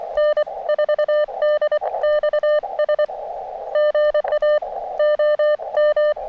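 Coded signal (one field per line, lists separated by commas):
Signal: Morse code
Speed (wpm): 24 wpm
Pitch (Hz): 600 Hz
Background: none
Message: N4DXS GA OM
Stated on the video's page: Parks On The Air activation from a state park with decent band conditions but heavy QRN from nearby storms.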